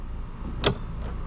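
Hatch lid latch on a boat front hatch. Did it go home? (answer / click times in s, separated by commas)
yes / 0.7 s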